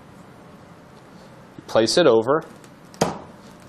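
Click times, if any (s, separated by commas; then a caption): 3.0 s. An over-center cam buckle on a BoatBuckle Kwik-Lok boat transom tie-down strap is folded over after the strap has been pulled tight, while someone talks. It snaps shut with a sharp click at 3.0 s, locking the buckle in place.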